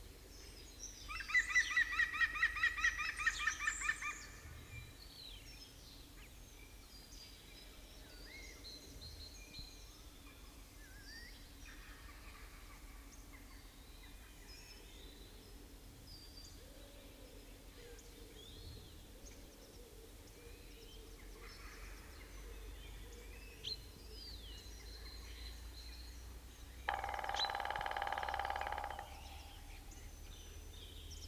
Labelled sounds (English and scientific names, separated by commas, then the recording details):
Grey-headed Woodpecker (Picus canus) drumming
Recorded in the wild
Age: adult
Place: Halle (Westfalen), OT Tatenhausen, Nordrhein-Westfalen, DE
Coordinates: 52.0439, 8.325
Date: 1970-04-12
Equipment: Uher 4000 Report-S, Bändchenmikro Beyer M 260, Parabolspiegel Polyester (470 mm)
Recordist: Conrads, Klaus